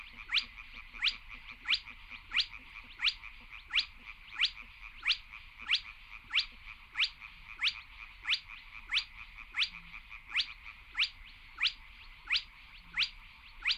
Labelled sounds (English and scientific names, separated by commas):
Spotted Crake (Porzana porzana)